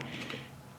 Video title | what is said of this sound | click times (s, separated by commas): GEARWRENCH Stubby 14 pc Metric Stubby Socket Set goes off the rail | it'll catch and it'll stay locked into place, which is really nice. | 0.0 s